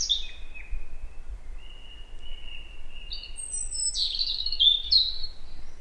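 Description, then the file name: European robin song with long, level thin whistles that break into a rapid, tinkling, high-pitched flourish toward the end, low rumble beneath. "Erithacus rubecula"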